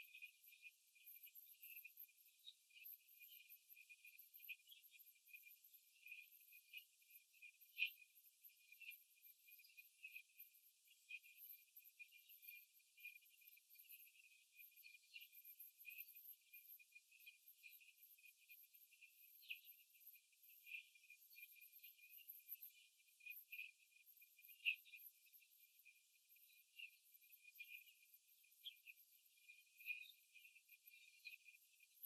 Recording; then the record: young laying hens in a cage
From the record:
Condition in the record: after the stressor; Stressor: simulated dog barking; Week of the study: 3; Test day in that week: 2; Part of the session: 1